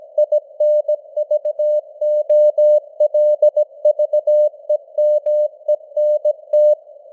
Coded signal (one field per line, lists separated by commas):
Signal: Morse code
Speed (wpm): 17 wpm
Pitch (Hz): 600 Hz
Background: none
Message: INVOLVEMENT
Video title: Morse Code News | 2025-11-08 | 17wpm